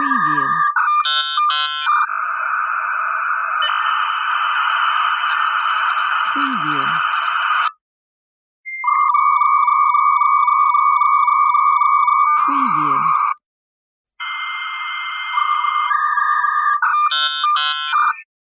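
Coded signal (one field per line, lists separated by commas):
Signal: dial-up modem handshake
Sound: dialing tone bursts, warbling chirps, steady whistles, then harsh hiss, repeated in separate takes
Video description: Sounds of dial-up modem connecting to the internet, line noise and connect sounds from a computer.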